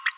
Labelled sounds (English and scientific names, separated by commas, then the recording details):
Green-rumped Parrotlet (Forpus passerinus) babbling
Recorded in a nest box in Venezuela
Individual 18B25A4